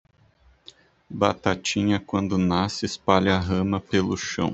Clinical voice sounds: short text; Brazilian Portuguese; male; 30 to 39 years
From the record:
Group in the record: control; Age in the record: 39 years

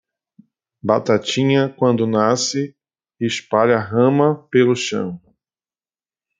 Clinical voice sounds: short text; Brazilian Portuguese; male; 40 to 49 years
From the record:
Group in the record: control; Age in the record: 43 years

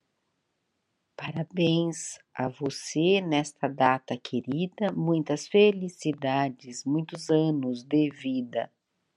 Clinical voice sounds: short text; Brazilian Portuguese; female; 50 to 59 years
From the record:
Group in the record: control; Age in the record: 53 years

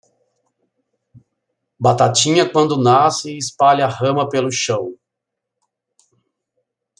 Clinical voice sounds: short text; Brazilian Portuguese; male; 50 to 59 years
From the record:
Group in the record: control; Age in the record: 55 years

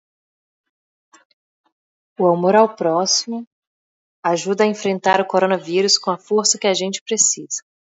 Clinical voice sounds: spoken sentence; Brazilian Portuguese; female; 20 to 29 years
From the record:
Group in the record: control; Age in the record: 28 years

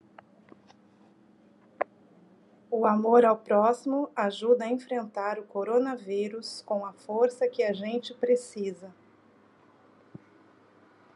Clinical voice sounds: spoken sentence; Brazilian Portuguese; female; 40 to 49 years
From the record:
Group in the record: control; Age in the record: 45 years

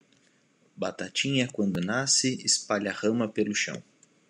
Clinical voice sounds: short text; Brazilian Portuguese; male; 20 to 29 years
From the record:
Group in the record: control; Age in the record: 29 years

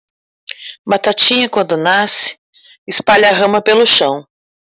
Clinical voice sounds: short text; Brazilian Portuguese; female; 50 to 59 years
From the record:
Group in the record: control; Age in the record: 50 years

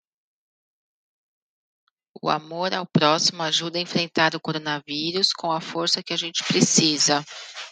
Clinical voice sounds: spoken sentence; Brazilian Portuguese; female; 30 to 39 years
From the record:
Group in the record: control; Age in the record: 37 years

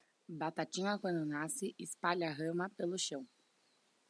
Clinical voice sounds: short text; Brazilian Portuguese; female; 20 to 29 years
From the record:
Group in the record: control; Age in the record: 22 years

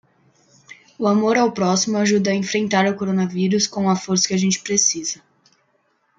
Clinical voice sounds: spoken sentence; Brazilian Portuguese; female; 20 to 29 years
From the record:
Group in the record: control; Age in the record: 22 years

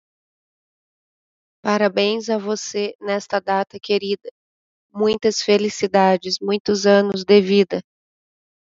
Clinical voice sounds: short text; Brazilian Portuguese; female; 30 to 39 years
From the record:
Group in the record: control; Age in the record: 33 years

